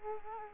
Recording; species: mosquito wingbeat signal from an infrared sensor; Culex quinquefasciatus